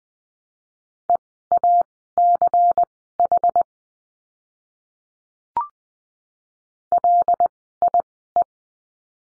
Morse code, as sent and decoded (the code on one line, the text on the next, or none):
. .- -.-. .... / .-.. .. .
EACH LIE